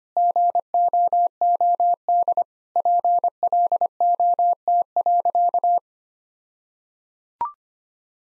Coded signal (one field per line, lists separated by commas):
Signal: Morse code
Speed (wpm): 25 wpm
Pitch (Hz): 700 Hz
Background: none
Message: GOOD PLOT.